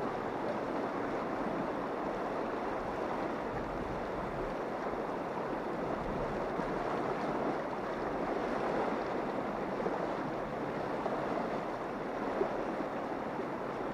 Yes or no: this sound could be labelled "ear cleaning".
no